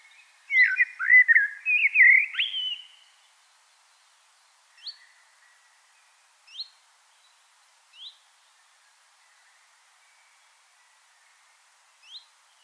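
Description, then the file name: Common blackbird song: a short mellow fluted phrase, then quiet, with four thin high squeaky notes spaced out. "Turdus merula"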